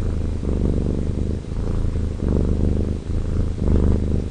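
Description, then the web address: Domestic cat purring, a low rumbling purr swelling and fading with each breath. Domestic cat named Rocky, purring, recorded 2011-02-17. "robek Purring Domestic Cat Rocky 20110217"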